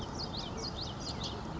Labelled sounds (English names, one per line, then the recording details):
Common Yellowthroat
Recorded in Sonoma County, California